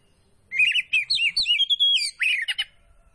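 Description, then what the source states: Oriental magpie-robin song, a lively run of sweet whistled, warbling notes, then a fast burst of sharp notes. Kacer poci type, singing gacor (vigorously).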